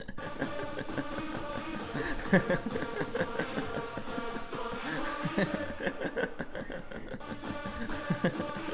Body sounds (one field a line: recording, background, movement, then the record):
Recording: laughter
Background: music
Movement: sitting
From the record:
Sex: male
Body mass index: 22.0 kg/m2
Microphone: on the chest, facing outward